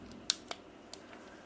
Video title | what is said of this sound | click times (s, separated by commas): Transformers Earthrise Fuzer and Blast Master | and you just click right into place and now we have our nasa | 0.3 s